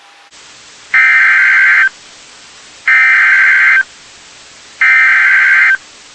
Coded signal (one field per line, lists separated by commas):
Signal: Emergency Alert System (SAME) tones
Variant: header bursts